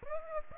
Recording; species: mosquito wingbeat signal from an infrared sensor; Aedes aegypti